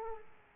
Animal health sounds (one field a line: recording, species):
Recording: mosquito wingbeat signal from an infrared sensor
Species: Aedes aegypti